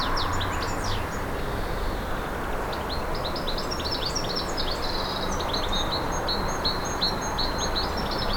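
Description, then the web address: Garden birds chirp and tweet in fast sliding notes, a thin high repeated call joining later, all above a dull continuous background drone. Garden birds in a countryside air ambience. "Countryside Amb Air Oiseaux Jardin"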